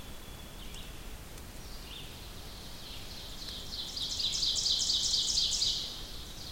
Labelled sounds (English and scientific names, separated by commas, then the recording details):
Ovenbird (Seiurus aurocapilla) song
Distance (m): 45 m
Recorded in boreal forest in Alberta, Canada, on 2 June 2016 at 07:33
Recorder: SongMeter 3, array SBT-3-7
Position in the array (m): 50 m, 153 m
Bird 4